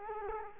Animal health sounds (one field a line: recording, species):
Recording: mosquito wingbeat signal from an infrared sensor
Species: Culex quinquefasciatus